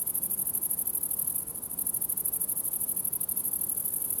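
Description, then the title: Grasshoppers producing a high, evenly pulsed chirring with a short break around one and a half seconds, over a faint low hum. Summer ambience at the farm of Villers Abbey, Villers-la-Ville, Belgium; several grasshoppers; recorded on Sony PCM-D100 internal microphones in wide position. "Ferme de lAbbaye de Villers, 1495 Villers-la-Ville, Belgique - Grasshoppers"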